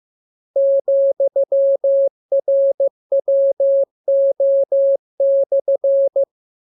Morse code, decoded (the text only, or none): ,RWO/